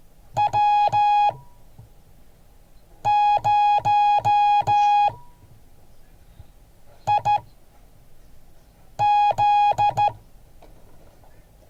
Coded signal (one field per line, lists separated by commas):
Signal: Morse code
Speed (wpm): 14 wpm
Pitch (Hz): 830 Hz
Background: music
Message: W0IZ